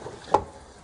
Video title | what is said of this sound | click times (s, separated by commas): How to Change a Rear Shock Absorber 72 Beetle | once you hear the click you know it's torqued properly | 0.4 s